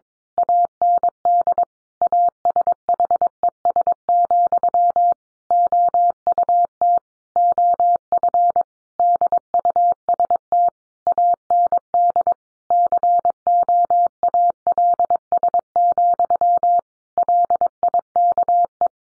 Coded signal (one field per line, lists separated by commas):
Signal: Morse code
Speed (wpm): 22 wpm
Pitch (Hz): 700 Hz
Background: none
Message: AND ASHES, OUT OF DUST AND COALS, LIKE